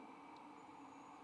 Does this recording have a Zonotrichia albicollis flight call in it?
no